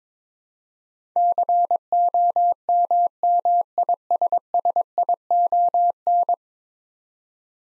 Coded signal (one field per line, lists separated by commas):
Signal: Morse code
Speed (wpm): 22 wpm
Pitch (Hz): 700 Hz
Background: none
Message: COMMISSION